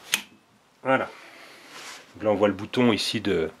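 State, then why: Seated. A gas hose connector is pushed into the quick coupling of an oxy-gas torch set while the torch is being set up, and it clips in with a single sharp click at 0.1 s. The connector is seated, and afterward someone talks.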